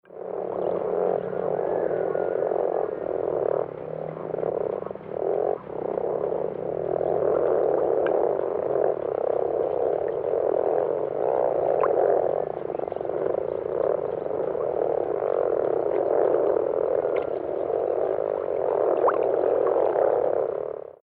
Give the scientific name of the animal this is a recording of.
Rana temporaria